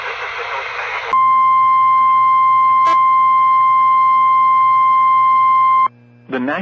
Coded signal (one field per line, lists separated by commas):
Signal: Emergency Alert System (SAME) tones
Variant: 1050 Hz attention tone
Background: speech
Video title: Sterling Shenanigans...EAS Alerts From May 26, 2021 (EAS #1153-1166)